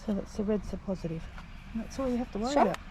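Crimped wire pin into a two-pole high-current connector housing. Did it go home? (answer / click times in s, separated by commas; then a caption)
no / none. Crimped metal pins on caravan wiring are being handled at the back of a plastic two-pole high-current connector housing, ready to be pushed through with red going to positive. Someone talks throughout the clip. Nothing has seated or clicked yet.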